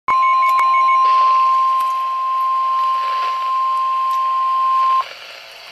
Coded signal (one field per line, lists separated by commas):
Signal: Emergency Alert System (SAME) tones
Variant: 1050 Hz attention tone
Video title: EAS #34 Flood Warning 6/18/13 6:45PM